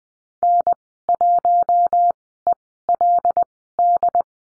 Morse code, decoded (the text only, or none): N1ELD